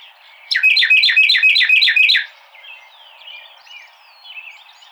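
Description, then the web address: Carolina wren song: a fast run of several loud repeated rolling phrases lasting under two seconds, followed by faint twittering. Recorded 26 March 2007. "Carolina Wren 2007 03 26"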